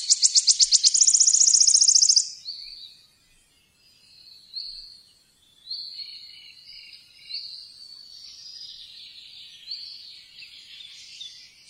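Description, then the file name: Wood warbler song: a rapid ticking series turns into a shivering trill, together lasting about two seconds, followed by soft, plaintive piping notes spaced one to two seconds apart. "boeksanger"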